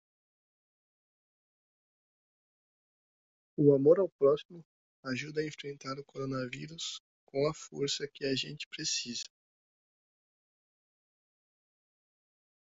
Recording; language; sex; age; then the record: spoken sentence; Brazilian Portuguese; male; 30 to 39 years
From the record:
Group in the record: control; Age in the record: 37 years